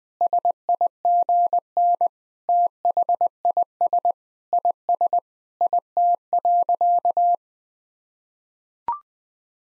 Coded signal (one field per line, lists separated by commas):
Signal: Morse code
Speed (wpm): 20 wpm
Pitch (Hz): 700 Hz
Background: none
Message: SIGN THIS IS IT.